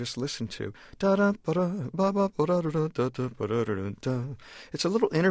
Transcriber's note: humming